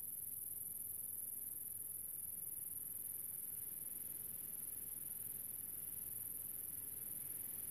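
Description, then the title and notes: Grasshopper call: an even, high sizzling drone running the whole time above soft low background noise. Recorded a few years ago in the countryside near the small town of General Alvear, under the summer sun, while filming a documentary. "Nature - Grasshopper. in a small town called General Alvear. I found myself in the middle of the countryside under the summer sun and this little grasshoper appeard"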